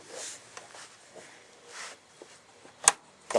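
A removable part is pushed all the way into an Elna 220/240 sewing machine until it seats with a sharp click at 2.9 s. Soft rustling and faint taps come before it, and another brief knock follows at about 3.3 s.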